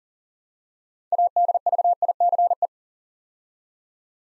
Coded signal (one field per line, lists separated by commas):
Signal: Morse code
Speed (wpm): 38 wpm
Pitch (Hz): 700 Hz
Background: none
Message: ADVICE